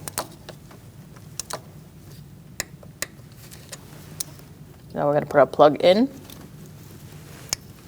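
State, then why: Seated. A wiring harness electrical plug is pushed onto a new ignition coil on a 2016-2019 Chevrolet Cruze 1.4L, with sharp clicks and handling noises throughout and someone talking around 5 to 6 seconds. The connector clicks in and is seated at 7.5 seconds.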